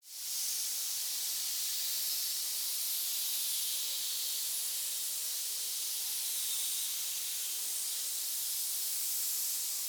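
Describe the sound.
Snake hiss that starts abruptly and holds as a continuous breathy rush of high noise for the whole stretch, unchanging in strength.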